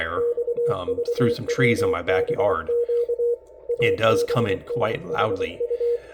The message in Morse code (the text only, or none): XVWBQ ABNHU